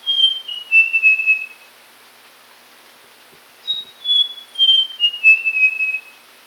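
Papuan logrunner whistling in two descending phrases, each a run of pure notes dropping step by step, separated by about two seconds of quiet.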